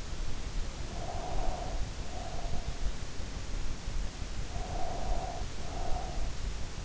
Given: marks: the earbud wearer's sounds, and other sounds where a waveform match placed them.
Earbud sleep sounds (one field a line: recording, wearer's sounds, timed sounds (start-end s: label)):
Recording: sounds in sleep by an in-ear microphone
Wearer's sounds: breath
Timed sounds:
0.90-2.81 s: breath
4.53-6.32 s: breath